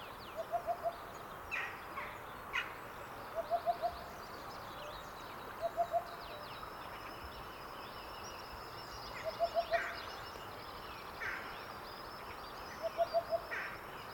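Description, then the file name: Cuckoo giving short bursts of three or four rapid, soft hooting notes every few seconds, with faint higher chirps from other birds. "minutes of cuckoos"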